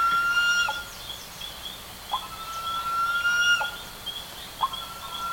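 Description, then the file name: Bird giving long, level whistled notes broken by brief sharp calls, over a steady high background drone. "SABIOD 50 bird 2015"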